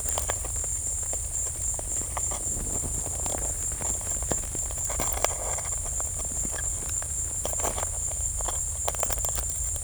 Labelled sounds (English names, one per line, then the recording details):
none
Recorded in secondary vegetation near Puerto Asís, Putumayo, Colombia, on 16 December 2024 at 14:30
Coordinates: 0.481, -76.318
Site G042